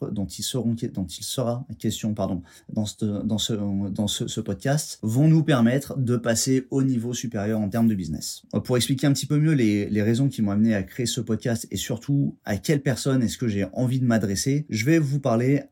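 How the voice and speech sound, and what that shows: An adult man speaks French with repeated words and tense pauses, as in "dans… dans… dans ce", typical of stuttering he has had all his life, since his first words.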